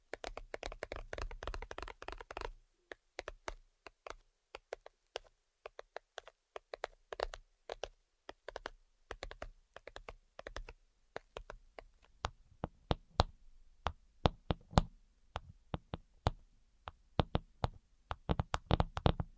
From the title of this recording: Tapping Tingle Immunity Treatment (No Talking)